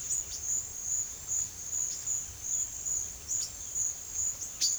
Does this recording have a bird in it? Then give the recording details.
yes. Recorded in pastures near Puerto Asís, Putumayo, Colombia, on 4 March 2025 at 17:00. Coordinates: 0.487, -76.322. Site G077